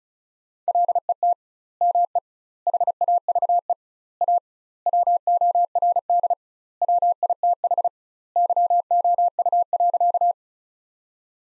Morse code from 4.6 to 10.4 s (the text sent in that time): WORD WITH YOU.